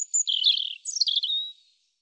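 European robin delivering a brief song phrase of rapid, wavering high notes, first falling, then a second burst of tinkling trills fading out.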